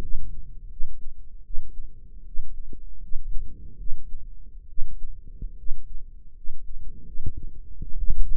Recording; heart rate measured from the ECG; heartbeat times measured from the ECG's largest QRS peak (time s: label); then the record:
heart sounds by microphone in the right ear; 77 bpm
0.00 s: heartbeat
0.69 s: heartbeat
1.43 s: heartbeat
2.25 s: heartbeat
3.01 s: heartbeat
3.77 s: heartbeat
4.68 s: heartbeat
5.56 s: heartbeat
6.34 s: heartbeat
7.05 s: heartbeat
7.80 s: heartbeat
From the record:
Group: healthy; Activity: rest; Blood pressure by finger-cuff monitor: 120/77 mmHg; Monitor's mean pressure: 87 mmHg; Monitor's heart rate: 78 bpm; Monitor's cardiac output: 5.8 L/min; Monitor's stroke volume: 76 mL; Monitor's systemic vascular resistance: 1090 dyn s/cm5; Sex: male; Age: 21 years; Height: 170 cm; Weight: 71 kg